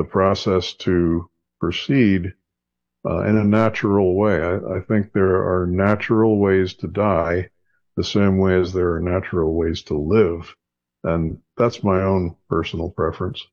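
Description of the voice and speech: A man speaks in a low, steady voice at a calm conversational pace, with short pauses between phrases. Articulation is clear and voicing smooth, with no breathiness, strain or repetitions. This is ordinary fluent adult speech.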